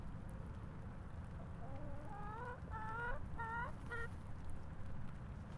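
Chicken calls, a quick series of harmonic squawks against a low constant hum.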